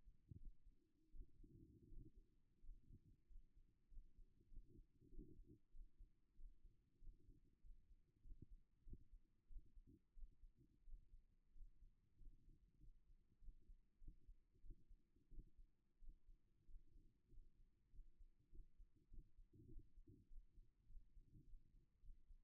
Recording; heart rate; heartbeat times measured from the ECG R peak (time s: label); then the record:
heart sounds by stethoscope; 97 bpm
0.38 s: heartbeat
1.11 s: heartbeat
1.88 s: heartbeat
2.61 s: heartbeat
3.27 s: heartbeat
3.89 s: heartbeat
4.48 s: heartbeat
5.09 s: heartbeat
5.71 s: heartbeat
6.35 s: heartbeat
6.99 s: heartbeat
7.61 s: heartbeat
8.22 s: heartbeat
8.84 s: heartbeat
9.47 s: heartbeat
10.14 s: heartbeat
10.84 s: heartbeat
11.52 s: heartbeat
12.18 s: heartbeat
12.79 s: heartbeat
13.39 s: heartbeat
13.99 s: heartbeat
14.61 s: heartbeat
15.29 s: heartbeat
15.99 s: heartbeat
16.66 s: heartbeat
17.29 s: heartbeat
17.90 s: heartbeat
18.50 s: heartbeat
19.09 s: heartbeat
19.67 s: heartbeat
20.28 s: heartbeat
20.87 s: heartbeat
21.45 s: heartbeat
22.01 s: heartbeat
From the record:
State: at rest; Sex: female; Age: 31 years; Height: 169 cm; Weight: 67 kg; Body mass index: 23.46